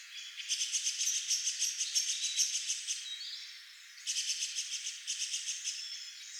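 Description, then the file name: Common blackbird giving a hard, chattering rattle of clicking notes that runs for a few seconds, pauses briefly, then resumes in two shorter rattles. "Turdus merula"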